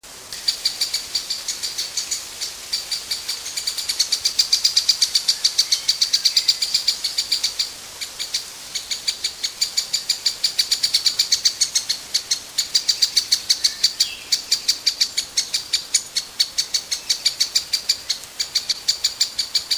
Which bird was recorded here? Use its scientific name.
Dendrocopos minor